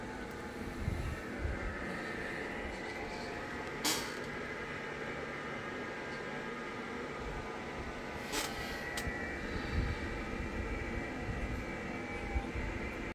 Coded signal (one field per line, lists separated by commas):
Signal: FT8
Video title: CY9C, Saint Paul Island (NA-094), CANADA, 18MHz , FT8 (SuperFOX Mode) , QSO by HL2WA